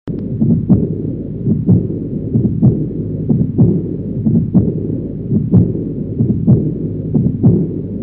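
Steady low heart sounds at about 62 beats a minute, with a continuous blowing rush filling the gaps between beats. An aortic regurgitation murmur in an adult heart, heard through a stethoscope, where blood leaks back through the aortic valve after each beat.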